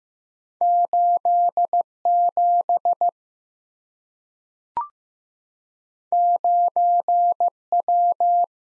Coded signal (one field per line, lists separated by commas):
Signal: Morse code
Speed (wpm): 15 wpm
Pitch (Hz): 700 Hz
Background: none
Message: 87 9W